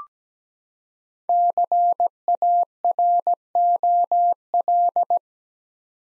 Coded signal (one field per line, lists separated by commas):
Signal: Morse code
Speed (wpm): 17 wpm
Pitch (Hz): 700 Hz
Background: none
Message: CAROL